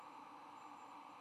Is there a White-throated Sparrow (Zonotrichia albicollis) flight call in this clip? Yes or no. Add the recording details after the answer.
no. No flight call is heard. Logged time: 02:51 on 9 November 2014